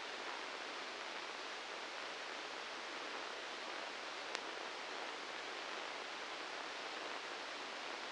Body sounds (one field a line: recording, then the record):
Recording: brain microelectrode recording played as sound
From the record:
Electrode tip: inside the subthalamic nucleus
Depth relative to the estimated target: -1 mm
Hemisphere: left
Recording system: NeuroSet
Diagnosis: Parkinson's disease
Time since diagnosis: 19 years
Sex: female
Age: 69 years